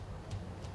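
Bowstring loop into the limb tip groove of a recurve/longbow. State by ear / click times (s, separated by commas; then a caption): not seated / none. A traditional recurve or longbow is flexed with a bow stringer while the bowstring loop is slid toward the string groove at the limb tip. Under a steady low rumble, two faint, brief high-pitched ticks come at about 0.3 and 0.6 seconds. The loop has not snapped into the groove yet, and nothing has seated.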